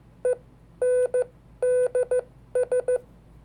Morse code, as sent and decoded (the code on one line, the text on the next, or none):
. -. -.. ...
ENDS